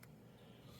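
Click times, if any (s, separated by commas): 0.0 s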